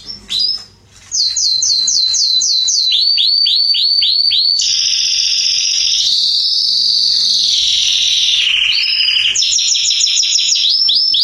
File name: canto do canario belga salsa